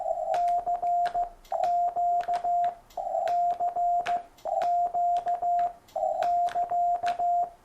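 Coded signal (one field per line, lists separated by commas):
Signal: Morse code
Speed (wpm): 15 wpm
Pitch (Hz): 700 Hz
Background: music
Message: C Q C Q <KA>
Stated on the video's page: First CW contact, sent on a Yaesu FT-710 for World Morse Code Day.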